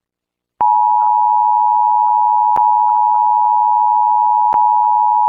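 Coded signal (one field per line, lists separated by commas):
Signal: Emergency Alert System (SAME) tones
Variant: 853 and 960 Hz attention tone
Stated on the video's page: Custom-made EAS alarm using CapCut text-to-speech.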